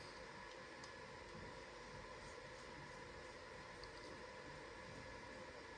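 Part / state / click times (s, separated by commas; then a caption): clone tool head on clone tool body / not seated / none. A clone tool head is fitted onto a clone tool body; unlike the original, it has no click on or off and is only tight or loose. Steady broadband noise runs throughout, with one brief faint tick near 3.8 s, and nothing has clicked or seated.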